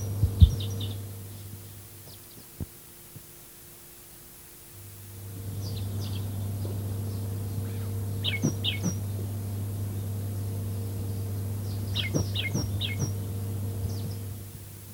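Large tree finch calling in short bursts of sharp, high, falling chirps, grouped in clusters at the start, around the middle and near the end, with a low droning hum and occasional knocks.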